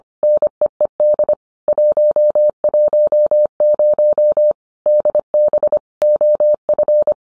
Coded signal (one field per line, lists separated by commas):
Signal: Morse code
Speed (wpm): 25 wpm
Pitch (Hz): 600 Hz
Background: none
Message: NEED 110 DB OF